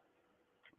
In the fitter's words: to lift These Wings up so it snaps right in to give you a secure and firm place to go ahead and hoop